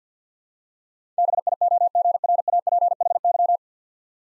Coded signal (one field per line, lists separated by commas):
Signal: Morse code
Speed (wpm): 49 wpm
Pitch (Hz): 700 Hz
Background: none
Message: BIOGRAPHY